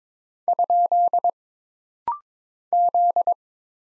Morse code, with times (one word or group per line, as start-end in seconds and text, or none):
0.5-1.3 ?
2.7-3.3 Z